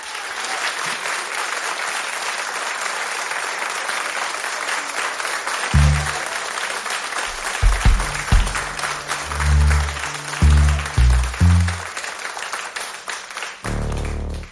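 Sustained audience applause at a Polish Radio Trójka (Program Trzeci) concert of Christmas carols in January 2019, greeting a singer and his band, a dense wash of many hands clapping at steady volume, with low thuds and some voices surfacing briefly in the second half.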